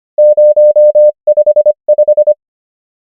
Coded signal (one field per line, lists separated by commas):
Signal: Morse code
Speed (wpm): 25 wpm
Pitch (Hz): 600 Hz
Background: none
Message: 0 5 5